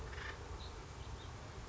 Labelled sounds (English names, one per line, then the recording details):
Acorn Woodpecker
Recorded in Sonoma County, California